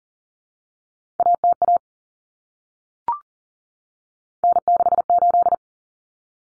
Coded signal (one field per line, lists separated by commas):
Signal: Morse code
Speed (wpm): 40 wpm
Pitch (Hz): 700 Hz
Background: none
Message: ATA N68